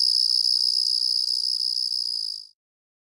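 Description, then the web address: Carolina ground cricket giving a steady high buzzing trill that runs unbroken for about two and a half seconds, then stops abruptly into silence. "The Songs of Insects. Carolina Ground Cricket"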